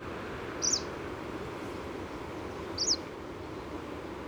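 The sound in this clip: Ludlow's fulvetta calls: two brief, high, sharp notes about two seconds apart, heard over a steady low rumbling background noise.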